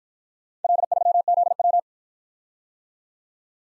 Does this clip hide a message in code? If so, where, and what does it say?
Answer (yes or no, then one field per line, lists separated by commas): yes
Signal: Morse code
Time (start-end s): 0.6-1.8 s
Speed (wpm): 52 wpm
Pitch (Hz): 700 Hz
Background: none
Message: L3ZW